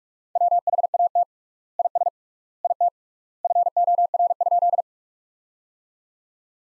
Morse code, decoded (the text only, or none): WHAT IS IT FOR?